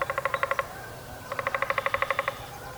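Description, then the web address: Downy woodpecker drumming in two short bursts of rapid, evenly spaced taps with a ringing tone, the second roll a little longer than the first. "2018 03 downy woodpecker drumming by jim berry"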